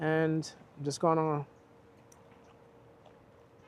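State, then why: Not seated. Someone talks briefly while a phone in its case is lined up on a Rokform Pro Ball motorcycle phone mount, ready to be twisted into its twist-lock. After the talking stops at about 1.5 s, only faint low handling noise remains, with one tiny tick near 2.1 s. Nothing has clicked or seated yet.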